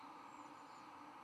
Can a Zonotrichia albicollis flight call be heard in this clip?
no